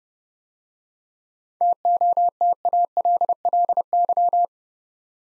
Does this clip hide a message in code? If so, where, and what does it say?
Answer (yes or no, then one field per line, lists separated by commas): yes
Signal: Morse code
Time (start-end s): 1.6-4.5 s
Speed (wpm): 30 wpm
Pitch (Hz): 700 Hz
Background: none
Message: TOTALLY